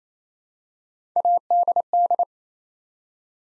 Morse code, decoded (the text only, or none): ADD